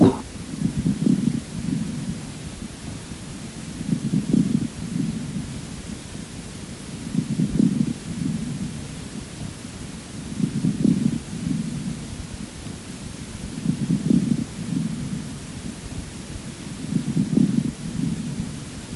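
Coarse crackles heard through a stethoscope over the chest of an adult with bronchiectasis, after coughing. They recur with each breath at about 18 breaths per minute.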